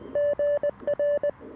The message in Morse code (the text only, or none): GR